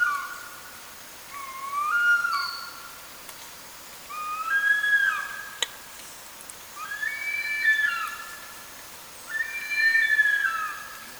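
Bird song of mellow whistled phrases with rising and falling notes, several phrases a few seconds apart, plus a single sharp click midway.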